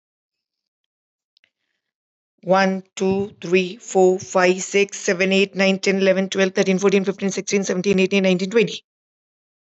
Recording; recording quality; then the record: counting at a fast pace; excellent, no background noise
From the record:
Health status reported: healthy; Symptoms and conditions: none ticked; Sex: female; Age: 55 years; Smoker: not ticked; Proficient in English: yes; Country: India